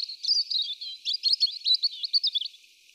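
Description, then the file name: European robin singing a continuous, rapid stream of high, varied warbles, twiddles and short trills that fades out near the end. "Erithacus rubecula"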